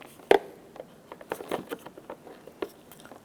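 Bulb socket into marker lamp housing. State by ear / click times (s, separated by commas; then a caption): seated / 0.3 s. A plastic marker bulb socket on a 2006-2013 Chevrolet Impala, with its tabs lined up with the lamp assembly, is popped down into the marker lamp housing. A sharp loud snap at 0.3 s marks it seating into place, followed by a few quieter light taps and clicks. The socket is seated.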